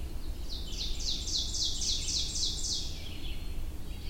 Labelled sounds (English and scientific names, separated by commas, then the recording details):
Ovenbird (Seiurus aurocapilla) song
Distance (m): 40 m
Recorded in boreal forest in Alberta, Canada, on 22 June 2016 at 08:08
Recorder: SongMeter 3, array SBT-6-76
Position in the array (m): 154 m, 120 m
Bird 3